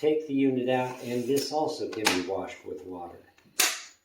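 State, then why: Seated. Someone talks while a washable filter unit, taken out of a SMOTURE 550W 45KPA cordless stick vacuum, is refitted into the vacuum housing. It closes with a loud plastic snap at 3.6 s, a good solid click, and the filter unit is seated.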